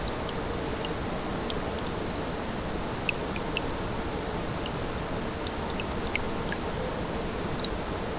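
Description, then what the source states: Grasshoppers stridulating in a high, hissing band of regular pulses over the steady rush of a brook, with faint high ticks and drips. Several grasshoppers beside a small brook, 6 August 2014, recorded on an MZ-N 710.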